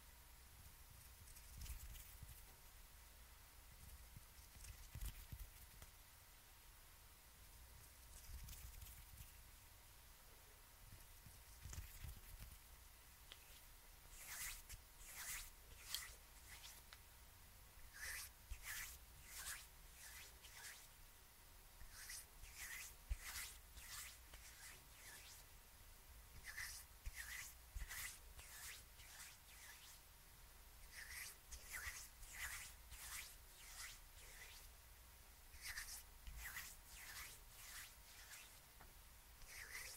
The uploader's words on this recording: HAND MOVEMENTS, SCISSORS. ASMR NO TALKING.